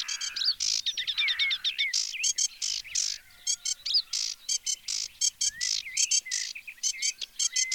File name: Phragmite des joncs